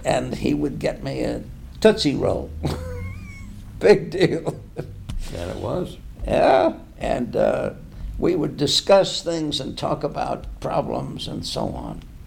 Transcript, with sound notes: And he would get me a tootsie roll. Big deal. [laughs]
That it was.
Yeah. And we would discuss things and talk about problems and so